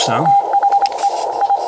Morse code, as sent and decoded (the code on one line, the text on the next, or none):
- .... . / ..
THE I